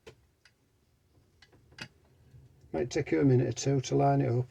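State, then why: Not seated. A steel reverse idler shaft is turned by hand in the aluminium gearbox casing of an MG Midget 1500 to line up the locating screw hole, giving light metal-on-metal ticks near 0.1, 0.5, 1.4 and 1.8 seconds. Someone then talks from about 2.7 seconds. The shaft has not yet lined up or seated.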